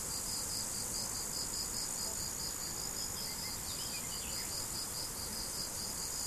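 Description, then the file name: Cricket song of rapid, evenly spaced high pulses, backed by constant shrill insect hiss, with a few faint chirpy notes midway through. Crickets recorded 17 July 2012 on an MZ-N710 recorder. "grillons 17 07 2012"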